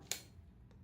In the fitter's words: hear it click